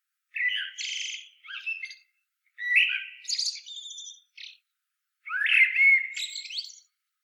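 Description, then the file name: Common blackbird calls, three harsh, chattering bursts with squeaky high notes, each lasting over a second, spaced by short silences. "Turdus merula"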